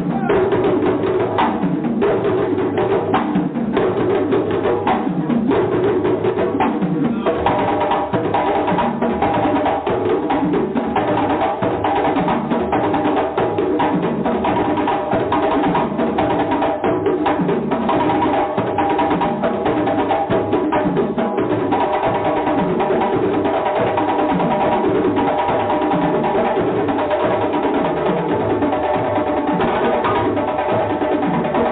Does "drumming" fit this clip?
yes